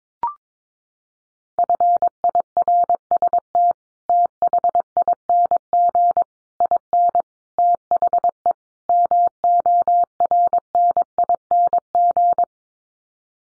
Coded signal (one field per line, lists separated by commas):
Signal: Morse code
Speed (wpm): 22 wpm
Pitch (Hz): 700 Hz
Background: none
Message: FIRST THING IN THE MORNING